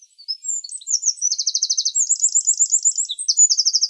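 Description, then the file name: Eurasian wren singing: shrill, rapid high notes and successive rattling trills, continuous and loud throughout the short excerpt. "Troglodytes troglodytes"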